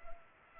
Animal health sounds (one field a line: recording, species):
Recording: mosquito wingbeat signal from an infrared sensor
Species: Culex pipiens